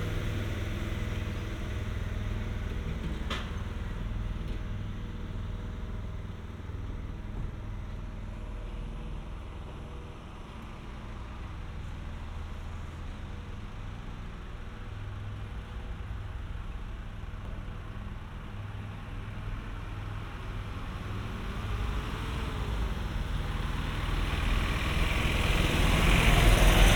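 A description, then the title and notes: Pothole repairs on a road, heard as a steady low rumble of an idling engine or machinery running throughout. A sharp knock sounds at about three seconds, and near the end a vehicle grows louder, bringing brighter road noise. Pothole Repairs, Dragon Road.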